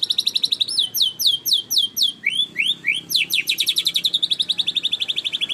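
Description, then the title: Canary song in rapid rolling tours: a fast high trill, then looping swept notes, then a fast even trill. Long-duration canary song used as a master (tutor) for training songbirds. "Kicauan Kenari Durasi Panjang"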